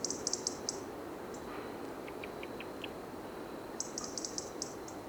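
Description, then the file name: European robin: quick high ticking clusters at start and end, with a few lower short notes in the middle, over steady background hiss. "Erithacus rubecula"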